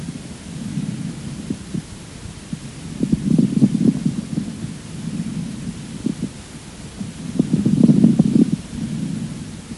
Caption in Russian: Влажные, средне- и крупнопузырчатые хрипы у пациента с бронхоэктатической болезнью. Отличающиеся более низкой частотой и меньшим числом одновременно возникающих звуков.